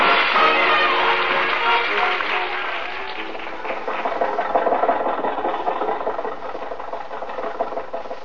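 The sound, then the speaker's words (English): The engine of Jack's car, driven by Rochester on the way to Pasadena, labors climbing a hill, a dense, rattling, sputtering drone that eases slightly partway through and then carries on steadily. No one speaks. “think your car will make this hill, Jack? Sure. Rochester, give it a little more gas.”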